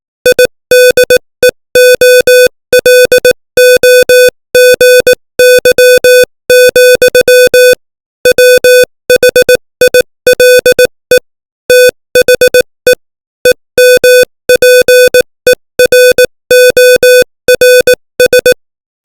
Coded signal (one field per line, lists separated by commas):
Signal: Morse code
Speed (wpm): 18 wpm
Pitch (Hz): 500 Hz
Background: music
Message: IDEOLOGY, WHILE THE EMPERORS